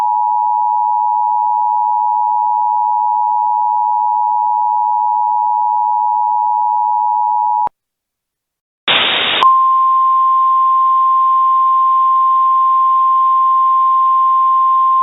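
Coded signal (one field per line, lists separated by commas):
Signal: Emergency Alert System (SAME) tones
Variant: 853 and 960 Hz attention tone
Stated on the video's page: Mock EAS tornado warning, not a real broadcast; tones may or may not be valid.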